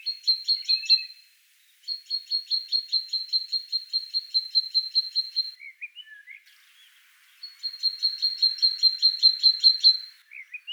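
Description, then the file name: Great tit song: long runs of rapid, evenly repeated high chirping notes, broken by a short pause with a few scratchy notes before the series resumes. "Parus major"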